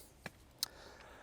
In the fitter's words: There you go. So now it's clicked into place.